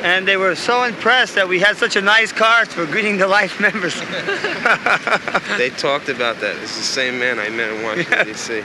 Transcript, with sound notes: And they were so impressed that we had such a nice car for greeting the Life Members. [laughter]
They talked about that. It's the same man I met in Washington, D.C.,